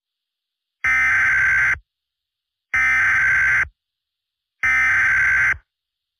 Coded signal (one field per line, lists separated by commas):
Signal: Emergency Alert System (SAME) tones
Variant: header bursts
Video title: EF5 (An EAS Scenario) EAS Scenario #11